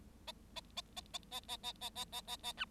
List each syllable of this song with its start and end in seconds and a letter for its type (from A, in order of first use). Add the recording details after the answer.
0.27-0.32 A, 0.56-0.61 A, 0.76-0.81 A, 0.96-1.01 A, 1.13-1.18 A, 1.31-1.40 A, 1.48-1.57 A, 1.63-1.73 A, 1.81-1.90 A, 1.95-2.04 A, 2.12-2.21 A, 2.27-2.36 A, 2.43-2.52 A, 2.57-2.65 B. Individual Bird7